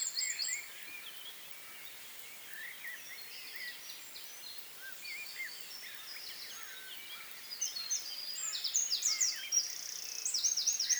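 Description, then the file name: Eurasian wren song, a rapid high trill bursting out near the end, with scattered softer chirps throughout. "Troglodytes troglodytes"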